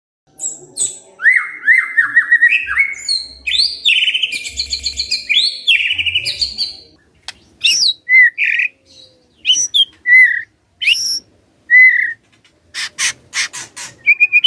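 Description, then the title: White-rumped shama song: fast rich warbling phrases with buzzy rattles and slurred whistles, then separate sharp high notes and clicks. Lure to prompt lazy white-rumped shamas to sing. "PANCINGAN MURAI BATU. SIULAN MURAI BATU❗ PANCINGAN MURAI MALAS AGAR BUNYI❗❗"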